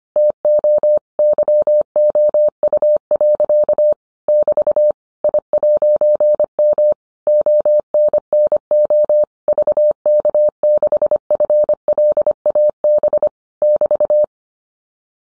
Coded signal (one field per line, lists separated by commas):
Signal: Morse code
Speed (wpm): 25 wpm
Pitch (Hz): 600 Hz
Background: none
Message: TO YOU. <BT> I'M ONNO VK6FLAB <BT>